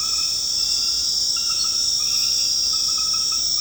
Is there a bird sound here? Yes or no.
no